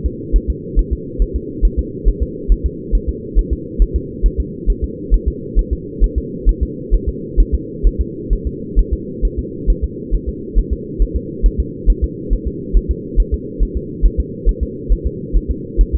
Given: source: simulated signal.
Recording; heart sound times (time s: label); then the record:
fetal heart sounds
0.06 s: S2
0.36 s: S1
0.50 s: S2
0.79 s: S1
0.93 s: S2
1.22 s: S1
1.36 s: S2
1.65 s: S1
1.79 s: S2
2.08 s: S1
2.22 s: S2
2.52 s: S1
2.66 s: S2
2.95 s: S1
3.09 s: S2
3.39 s: S1
3.53 s: S2
3.82 s: S1
3.96 s: S2
4.26 s: S1
4.40 s: S2
4.70 s: S1
4.84 s: S2
5.14 s: S1
5.28 s: S2
5.59 s: S1
5.73 s: S2
6.04 s: S1
6.18 s: S2
6.49 s: S1
6.63 s: S2
6.94 s: S1
7.09 s: S2
7.40 s: S1
7.54 s: S2
7.87 s: S1
8.01 s: S2
8.33 s: S1
8.47 s: S2
8.79 s: S1
8.93 s: S2
9.25 s: S1
9.39 s: S2
9.70 s: S1
9.84 s: S2
10.15 s: S1
10.29 s: S2
10.59 s: S1
10.73 s: S2
11.02 s: S1
11.16 s: S2
11.46 s: S1
11.60 s: S2
11.90 s: S1
12.04 s: S2
12.33 s: S1
12.47 s: S2
12.77 s: S1
12.91 s: S2
13.20 s: S1
13.34 s: S2
13.63 s: S1
13.77 s: S2
14.06 s: S1
14.20 s: S2
14.49 s: S1
14.63 s: S2
14.93 s: S1
15.06 s: S2
15.37 s: S1
15.51 s: S2
15.81 s: S1
15.95 s: S2
From the record:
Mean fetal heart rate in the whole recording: 135 bpm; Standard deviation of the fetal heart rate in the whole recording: 3 bpm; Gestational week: 36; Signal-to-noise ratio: -4.1 dB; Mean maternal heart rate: no maternal heart sound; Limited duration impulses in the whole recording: absent